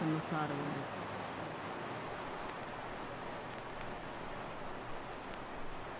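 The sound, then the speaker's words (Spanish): Steady rain pours down in a dense, even hiss that holds constant throughout, with a brief murmur of a voice at the very start. “La lluvia me salpica la cara y puedo ver las primeras hojas en los árboles.”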